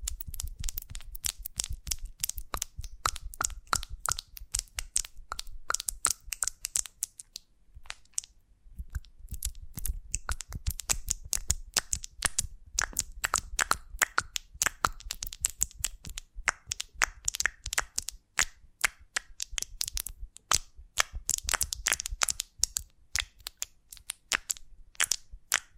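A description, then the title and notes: A honeycomb on a branch crackles and crunches in dense, rapid clicks and snaps, with a brief quiet gap near eight seconds. ASMR of a Honeycomb on Branch (No Talking).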